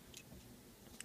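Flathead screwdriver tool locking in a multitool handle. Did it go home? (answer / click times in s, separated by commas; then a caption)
yes / 1.0 s. The flathead screwdriver of a steel Leatherman Wave multitool is swung open in its handle until its liner lock engages. A faint high tick sounds near 0.2 s over a low background hum, then a sharp, bright click at 1.0 s as the tool locks into place.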